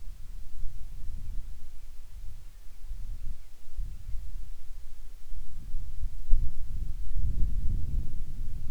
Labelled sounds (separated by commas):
wind